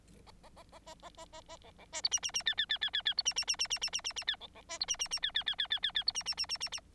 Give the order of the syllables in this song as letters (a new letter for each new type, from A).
A A A A A A A A A B B C D E E E F F F F F F D E E E E E E E E E F B B C D E E E F F F F F F F D E E E E E E